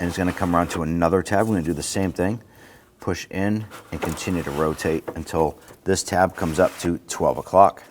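Someone talks while a plastic twist-lock retainer tab on the radiator shroud bracket of a 2006-2010 Hummer H3 3.7L is pushed in and rotated toward the 12 o'clock position during radiator replacement. Nothing has seated or snapped into place yet.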